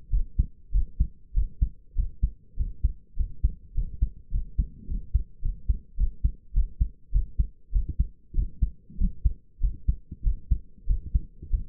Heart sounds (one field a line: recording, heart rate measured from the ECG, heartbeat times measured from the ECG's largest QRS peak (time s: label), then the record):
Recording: heart sounds by stethoscope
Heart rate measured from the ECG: 100 bpm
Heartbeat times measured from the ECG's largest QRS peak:
0.10 s: heartbeat
0.71 s: heartbeat
1.33 s: heartbeat
1.95 s: heartbeat
2.56 s: heartbeat
3.16 s: heartbeat
3.74 s: heartbeat
4.31 s: heartbeat
4.87 s: heartbeat
5.41 s: heartbeat
5.96 s: heartbeat
6.53 s: heartbeat
7.11 s: heartbeat
7.72 s: heartbeat
8.34 s: heartbeat
8.97 s: heartbeat
9.60 s: heartbeat
10.23 s: heartbeat
10.86 s: heartbeat
11.49 s: heartbeat
From the record:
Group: healthy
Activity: rest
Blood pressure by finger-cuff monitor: 105/66 mmHg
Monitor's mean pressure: 77 mmHg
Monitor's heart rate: 100 bpm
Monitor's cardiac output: 6.7 L/min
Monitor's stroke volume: 65 mL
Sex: male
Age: 22 years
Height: 181 cm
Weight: 60 kg